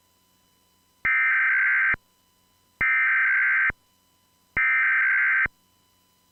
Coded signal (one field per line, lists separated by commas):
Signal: Emergency Alert System (SAME) tones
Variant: header bursts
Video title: EAS West Virginia Statewide Required Monthly Test - November 7th, 2025 - WAHC TV